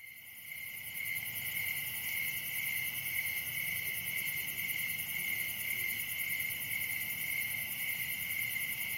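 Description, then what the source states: Crickets chirping in a dense, steady high trill with fast pulsing, a continuous shimmering chorus that swells in at the start. Night-time scene at Dell Creek wildlife area.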